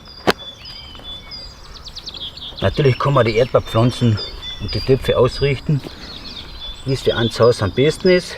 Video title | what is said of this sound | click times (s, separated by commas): Erdbeeren anbauen in SISSI STRAWBERRY classic | Die klacken ideal ineinander, das hört man. | 0.3 s